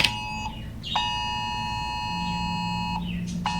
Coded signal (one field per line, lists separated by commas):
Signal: Emergency Alert System (SAME) tones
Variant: 853 and 960 Hz attention tone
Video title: Why a S.A.M.E Noaa weather radio should be in all homes (Google slide presentation)